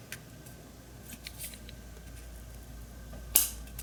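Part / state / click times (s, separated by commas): primer bulb into small engine carburetor housing / partly seated / 3.4 s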